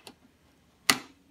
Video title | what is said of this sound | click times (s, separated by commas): How I replaced my fluorescent light tube | Hear and feel the click. That's it. Simple. | 0.9 s